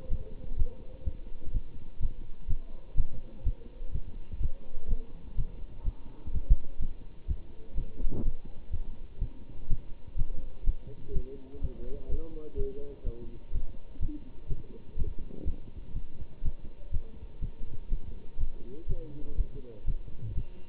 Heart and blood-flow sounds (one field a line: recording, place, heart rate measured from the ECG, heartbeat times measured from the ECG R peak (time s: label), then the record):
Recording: heart sounds by stethoscope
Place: between the tricuspid and mitral areas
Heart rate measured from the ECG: 124 bpm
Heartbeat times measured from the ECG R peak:
0.08 s: heartbeat
0.56 s: heartbeat
1.04 s: heartbeat
1.52 s: heartbeat
1.99 s: heartbeat
2.47 s: heartbeat
2.95 s: heartbeat
3.43 s: heartbeat
3.91 s: heartbeat
4.39 s: heartbeat
4.87 s: heartbeat
5.35 s: heartbeat
5.83 s: heartbeat
6.31 s: heartbeat
6.78 s: heartbeat
7.26 s: heartbeat
7.74 s: heartbeat
8.22 s: heartbeat
8.70 s: heartbeat
9.19 s: heartbeat
9.67 s: heartbeat
10.15 s: heartbeat
10.64 s: heartbeat
11.12 s: heartbeat
11.60 s: heartbeat
12.08 s: heartbeat
12.55 s: heartbeat
13.04 s: heartbeat
13.51 s: heartbeat
13.99 s: heartbeat
14.47 s: heartbeat
14.96 s: heartbeat
15.44 s: heartbeat
15.93 s: heartbeat
16.42 s: heartbeat
16.90 s: heartbeat
17.39 s: heartbeat
17.89 s: heartbeat
18.37 s: heartbeat
18.86 s: heartbeat
19.35 s: heartbeat
19.84 s: heartbeat
20.33 s: heartbeat
From the record:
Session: Bruce protocol treadmill stress test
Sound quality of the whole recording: good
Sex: male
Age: 25 years